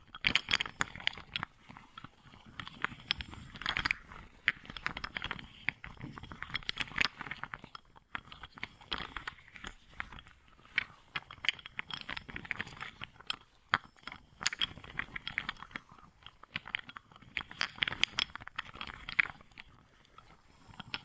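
Wooden balls click and roll against each other in dense, crunchy bursts, the rattling nearly continuous for the whole stretch. Sharp bright taps cluster in flurries every second or two, with a softer low rumble beneath and a brief lull near eight seconds.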